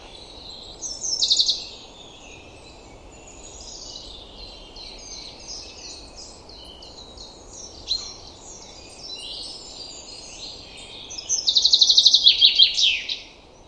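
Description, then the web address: Common chaffinch song: two bright trilled phrases, a short one near the start and a longer one near the end, with softer twittering between. "Deverinetal 2025"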